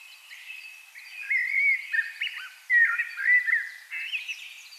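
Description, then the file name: Common blackbird giving fluted, warbling phrases in loud bursts, with high twittering throughout. "Turdus merula"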